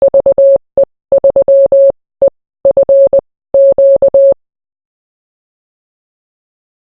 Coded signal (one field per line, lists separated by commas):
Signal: Morse code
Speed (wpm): 20 wpm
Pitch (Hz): 550 Hz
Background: none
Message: VE3EFQ